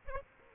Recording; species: mosquito wingbeat signal from an infrared sensor; Aedes aegypti